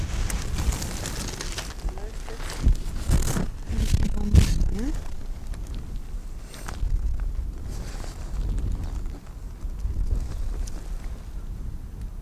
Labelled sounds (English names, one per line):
Arctic Fox